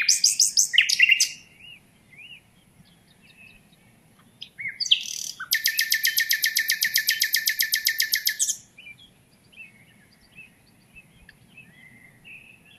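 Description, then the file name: Common nightingale song: an opening burst of rapid notes, then a long, even, rattling trill lasting about three seconds. "Luscinia megarhynchos"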